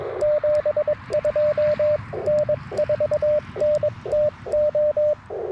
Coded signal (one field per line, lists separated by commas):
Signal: Morse code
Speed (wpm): 26 wpm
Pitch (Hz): 590 Hz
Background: radio noise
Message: 72 N4NTO